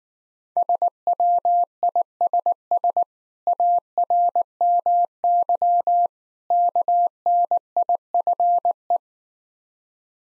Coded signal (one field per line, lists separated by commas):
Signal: Morse code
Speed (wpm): 19 wpm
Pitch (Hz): 700 Hz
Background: none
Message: SWISS ARMY KNIFE